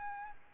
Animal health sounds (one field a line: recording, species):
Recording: mosquito wingbeat signal from an infrared sensor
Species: Aedes albopictus